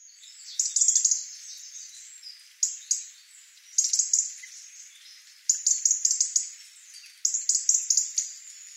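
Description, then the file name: European robin giving several clusters of sharp, very high ticking notes in quick bursts, at irregular intervals. "Erithacus rubecula"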